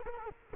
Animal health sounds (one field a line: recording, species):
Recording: mosquito wingbeat signal from an infrared sensor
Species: Culex quinquefasciatus